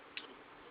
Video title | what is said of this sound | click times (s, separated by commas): Power of the Primes Wave 3 Voyager Class Inferno | you can see this clips around that little tiny little tab that's right there just like that | 0.2 s